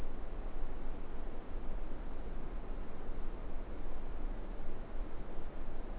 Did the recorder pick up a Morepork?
no